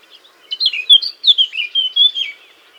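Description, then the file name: Eurasian blackcap song, a quick run of clear fluting and warbling notes, slurred up and down. "Sylvia atricapilla"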